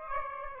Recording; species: mosquito wingbeat signal from an infrared sensor; Aedes aegypti